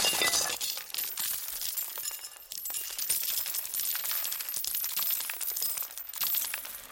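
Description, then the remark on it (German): A porcelain piggy bank, painted in vomit-like colours, smashes, and a loud, continuous shower of coins clatters and jingles for several seconds, full of bright metallic clinks and rattling with no voices. “Als ich 11 war, habe ich mein Schwein geschlachtet und bin zu den Nutten.”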